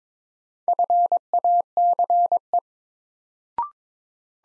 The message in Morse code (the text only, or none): FACE